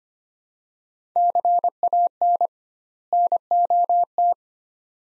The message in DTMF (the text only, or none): none